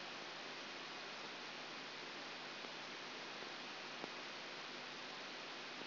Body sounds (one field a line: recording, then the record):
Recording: brain microelectrode recording played as sound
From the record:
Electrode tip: outside the subthalamic nucleus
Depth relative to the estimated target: -8 mm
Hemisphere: left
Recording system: AlphaMap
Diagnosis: Parkinson's disease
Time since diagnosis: 15 years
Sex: female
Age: 68 years